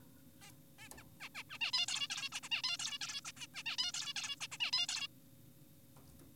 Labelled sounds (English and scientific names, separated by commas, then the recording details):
Zebra Finch (Taeniopygia guttata)
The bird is an adult
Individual g4p5U